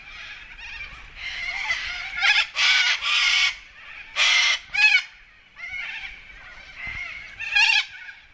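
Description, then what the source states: Corellas giving harsh, raspy screeches in loud bursts, several birds calling over one another with shorter scratchy notes between the louder screams. Pilbara, Australia.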